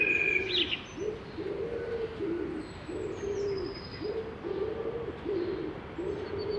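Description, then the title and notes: Common Wood Pigeon cooing, a steady series of soft, low, hoarse coos in repeated phrases, with a brief high bird note at the start and faint chirps. Wild birds living on Notre-Dame de Paris, recorded at dawn around 5:15 am on 6 May 2016 on the cathedral square in Paris, France; binaural recording with an artificial head and two omnidirectional microphones. "Pigeon ramier. Aube à Notre-Dame de Paris. 06 mai 2016-Parvis et square Notre-Dame"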